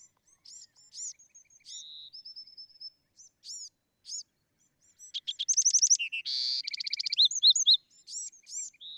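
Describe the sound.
Bewick's wren song: scattered high chips and a short steady whistle, then a rapid rattling trill and buzzy, churring phrases before bright notes resume.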